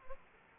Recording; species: mosquito wingbeat signal from an infrared sensor; Aedes aegypti